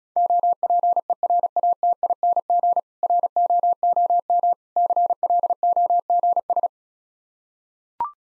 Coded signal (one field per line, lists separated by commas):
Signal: Morse code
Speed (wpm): 36 wpm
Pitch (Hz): 700 Hz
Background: none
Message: OPERATING ROOM CLOGS